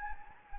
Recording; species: mosquito wingbeat signal from an infrared sensor; Anopheles gambiae